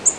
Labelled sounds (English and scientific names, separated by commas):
Black-throated Green Warbler (Setophaga virens) flight call